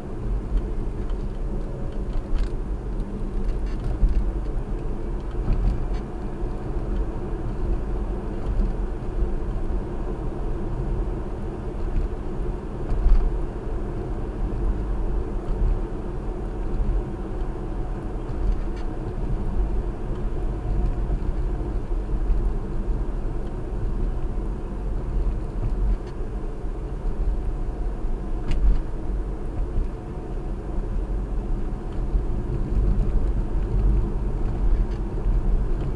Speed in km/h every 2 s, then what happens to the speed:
53, 56, 64, 66, 66, 66, 66, 66, 64, 64, 63, 58, 56, 56, 56, 58, 60, 61.
0-5 speeds up to 66. 5-18 steady at about 66. 18-23 slows to 56. 23-36 steady at about 56.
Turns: none.